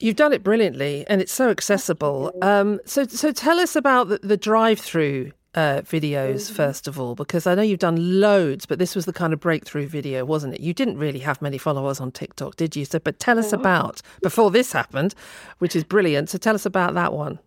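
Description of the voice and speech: An adult radio host speaks fluently and clearly, interviewing a guest about breakthrough videos, with ordinary rhythm and voice.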